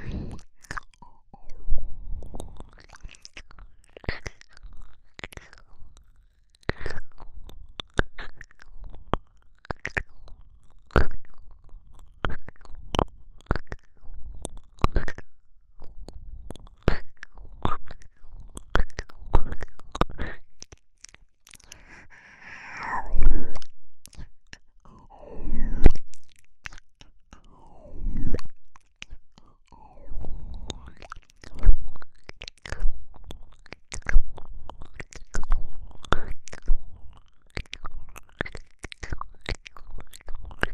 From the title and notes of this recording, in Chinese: 舔冰棒，喘息，甜耳，微人声。